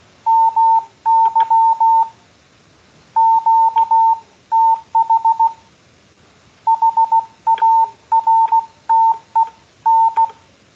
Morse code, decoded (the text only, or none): MY QTH HARTEN